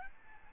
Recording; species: mosquito wingbeat signal from an infrared sensor; Aedes albopictus